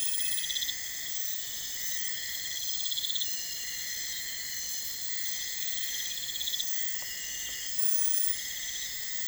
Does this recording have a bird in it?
no